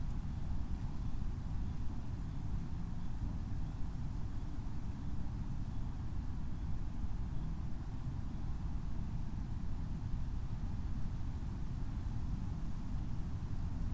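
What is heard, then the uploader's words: Steady, dense wind rumbles low across a wetland forest edge, unchanging throughout, with a faint hiss above and no distinct events. Arrowhead Marsh Wetland Preserve. Planted wetland forest adjacent to open prairie and emergent wetlands on a warm, windy December day.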